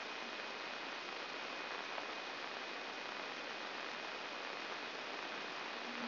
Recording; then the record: brain microelectrode recording played as sound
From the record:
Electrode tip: outside the subthalamic nucleus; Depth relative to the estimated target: 4 mm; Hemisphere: left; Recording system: AlphaMap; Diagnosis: Parkinson's disease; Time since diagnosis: 11 years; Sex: female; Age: 62 years